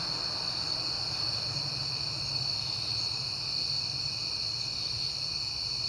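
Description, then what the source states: Many crickets trilling steadily at high pitch, the chorus never pausing, while a low rumble like a passing car runs beneath. Recorded on a peaceful night in September, with cars passing.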